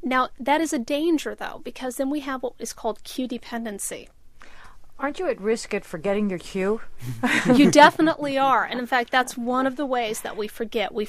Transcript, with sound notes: Now that is a danger, though, because then we have what is called 'queue dependency."
"Aren't you at risk of forgetting your cue?" [laughter]
"You definitely are, and in fact that is one of the ways that we forget.